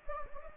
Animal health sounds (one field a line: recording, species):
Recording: mosquito wingbeat signal from an infrared sensor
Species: Anopheles gambiae